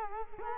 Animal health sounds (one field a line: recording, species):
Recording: mosquito wingbeat signal from an infrared sensor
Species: Culex quinquefasciatus